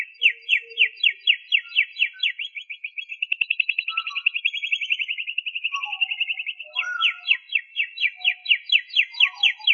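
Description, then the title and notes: Canary song: repeated sweeping notes quicken into a rapid buzzy trill, then return to a steady series of sweeping notes. "BM Suara Kenari. BM Suara Burung Kenari"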